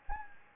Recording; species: mosquito wingbeat signal from an infrared sensor; Anopheles gambiae